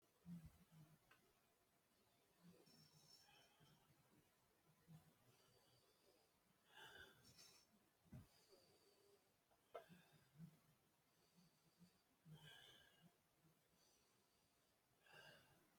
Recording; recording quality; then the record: deep breathing; moderate, slight background noise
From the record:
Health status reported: healthy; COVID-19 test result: negative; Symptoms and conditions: diabetes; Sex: male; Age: 54 years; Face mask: not worn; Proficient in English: yes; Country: India